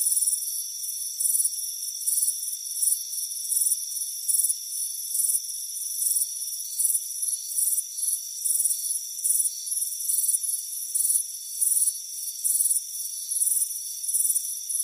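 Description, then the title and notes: Chirping crickets: bright pulsed bursts in quick succession over a continuous high trill. Crickets chirping on a warm afternoon on a front porch. "Soothing Crickets Chirping Sound. It's a warm afternoon as you relax in a hammock on the front porch. Deep Sleep Sounds"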